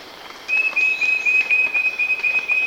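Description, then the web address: Wing-banded Wren with a rapid run of clear, high whistled notes held at nearly the same pitch, packed closely together. Recorded in Ecuador. "Natures Songs S America Birds of Ecuador wing-banded Wren"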